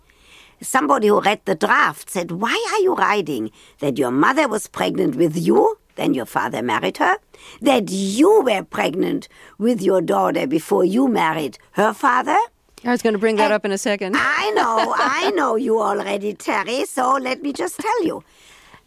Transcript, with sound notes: Somebody who read the draft said, why are you writing that your mother was pregnant with you then your father married her, that you were pregnant with your daughter before you married her father?
I was going to bring that up in a second (laughter).
I know. I know you already, Terry, so let me just tell you.